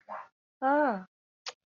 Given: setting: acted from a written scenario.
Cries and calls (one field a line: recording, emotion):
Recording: vocal sound without words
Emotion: realization